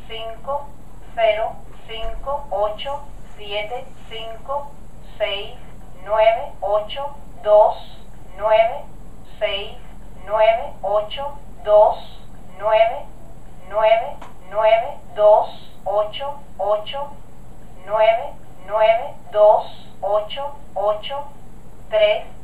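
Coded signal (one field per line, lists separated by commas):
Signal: numbers station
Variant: German female machine voice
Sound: synthetic voice reading short words or digits at an even, mechanical pace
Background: low electrical hum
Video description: Here's the actual machine behind all the various East-German numbers stations.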